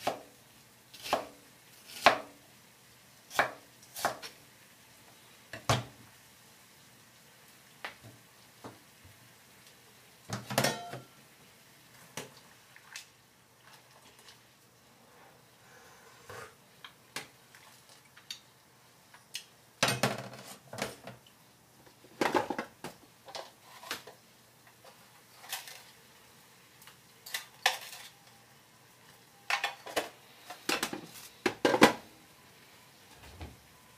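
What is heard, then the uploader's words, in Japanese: Meal prep for boxed lunches: sharp, irregular knocks and clicks of chopping and handling kitchenware, scattered through the whole stretch with short pauses between bursts. A few louder clatters land around 10, 20 and 32 seconds, over a faint steady low hum. 環境音 弁当用につくりおき。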